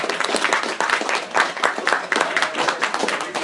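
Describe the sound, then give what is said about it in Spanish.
Steady audience applause for the audience at the close of a talk, a dense crackle of many hands clapping at once, sustained and fairly loud throughout with no voices standing out. “Un fuerte aplauso para todos ustedes por acompañarnos.”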